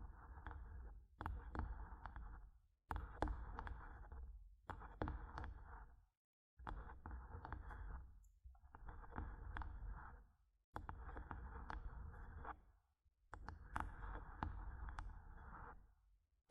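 Mic tapping and scratching in repeated bursts, each lasting one to two seconds, with short silent gaps between them. Each burst mixes a dull low thumping with a gritty scraping, and sharp clicks and taps land at the start of most bursts.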